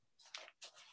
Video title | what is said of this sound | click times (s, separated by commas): DUI Virtual Trade Show Day 2 - OMS Harnesses with Pete Nawrocky | and then just you can hear the click it locks in you need to give a squeeze so | 0.3 s